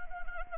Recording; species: mosquito wingbeat signal from an infrared sensor; Anopheles arabiensis